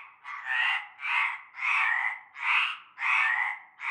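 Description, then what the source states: Frogs calling in chorus, broad rasping croaks repeated back to back. Frog chorus at nightfall in a large concrete basin with stagnant greenish water, Avenue Cante Coucou, Groupède, La Ciotat, Bouches-du-Rhône, France.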